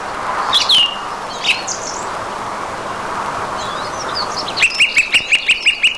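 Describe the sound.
Song thrush giving a few separate whistled notes, then a rapid series of identical clipped notes at the end.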